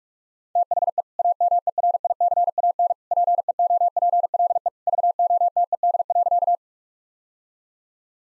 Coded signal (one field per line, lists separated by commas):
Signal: Morse code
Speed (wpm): 45 wpm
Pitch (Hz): 700 Hz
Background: none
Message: THE AMERICAN PEOPLE VOTED.